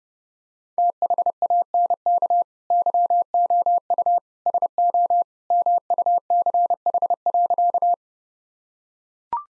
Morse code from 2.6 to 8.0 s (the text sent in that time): YOU SO MUCH.